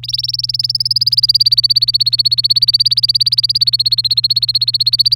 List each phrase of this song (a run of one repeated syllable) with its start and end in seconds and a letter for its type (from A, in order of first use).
0.03-5.15 A